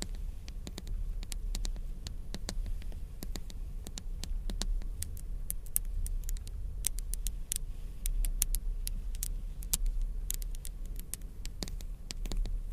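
Crystals, beads and ice tapped and scratched, giving sharp, bright clicks that land irregularly throughout, thickest in the middle stretch. A steady low hum rumbles underneath the whole time.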